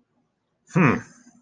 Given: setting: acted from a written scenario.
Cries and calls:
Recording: vocal sound without words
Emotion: anger

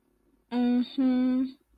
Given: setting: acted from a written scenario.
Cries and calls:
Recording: vocal sound without words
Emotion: adoration

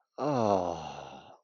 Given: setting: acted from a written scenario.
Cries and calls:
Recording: vocal sound without words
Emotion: disappointment

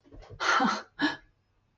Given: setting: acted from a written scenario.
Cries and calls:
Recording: vocal sound without words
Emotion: adoration

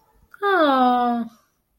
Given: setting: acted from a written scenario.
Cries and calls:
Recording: vocal sound without words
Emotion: adoration

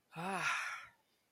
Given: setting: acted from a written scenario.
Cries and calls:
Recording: vocal sound without words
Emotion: serenity

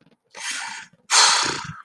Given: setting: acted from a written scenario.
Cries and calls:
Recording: vocal sound without words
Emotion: guilt

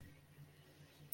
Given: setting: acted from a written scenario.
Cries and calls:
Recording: vocal sound without words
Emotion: positive surprise

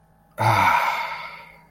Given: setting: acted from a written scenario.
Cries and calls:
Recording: vocal sound without words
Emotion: contentment

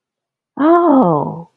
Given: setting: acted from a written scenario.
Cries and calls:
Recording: vocal sound without words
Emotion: positive surprise

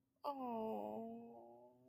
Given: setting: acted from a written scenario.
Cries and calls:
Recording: vocal sound without words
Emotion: sympathy

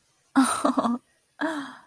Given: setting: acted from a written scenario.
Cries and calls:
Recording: vocal sound without words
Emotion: awe

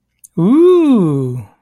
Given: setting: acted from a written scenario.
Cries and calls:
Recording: vocal sound without words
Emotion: awe

